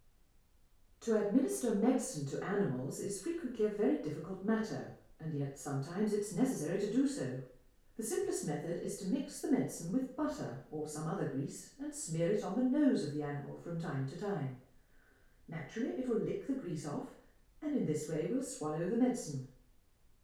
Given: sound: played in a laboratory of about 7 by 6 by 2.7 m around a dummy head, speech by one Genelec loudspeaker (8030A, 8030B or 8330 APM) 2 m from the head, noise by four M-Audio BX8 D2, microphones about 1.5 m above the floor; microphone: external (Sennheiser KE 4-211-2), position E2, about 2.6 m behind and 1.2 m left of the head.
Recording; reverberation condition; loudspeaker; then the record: female speech in English; medium; 90 degrees to the left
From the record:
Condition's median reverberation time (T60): about 510 ms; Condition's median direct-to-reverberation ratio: about -0.5 dB